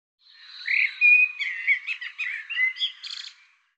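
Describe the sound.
Bird song: a rapid, varied warbled phrase of chirps, slurred whistles and trills, ending in a brief buzzy high note, over a silent background.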